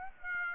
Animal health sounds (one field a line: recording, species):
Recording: mosquito wingbeat signal from an infrared sensor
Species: Aedes aegypti